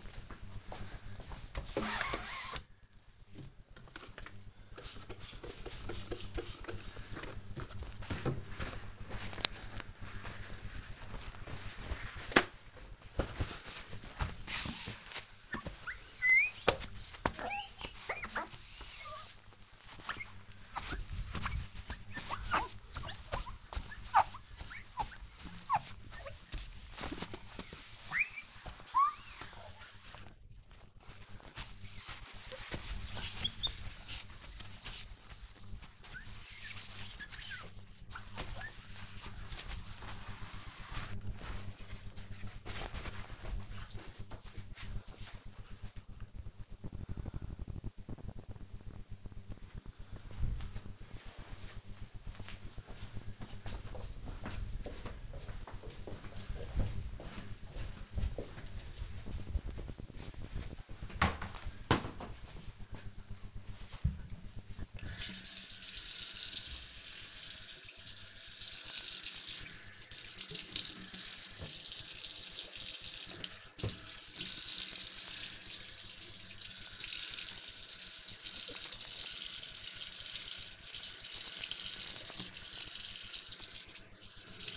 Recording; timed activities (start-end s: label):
household activities, microphone on the right wrist
3.40-41.66 s: window cleaning
67.81-84.77 s: washing dishes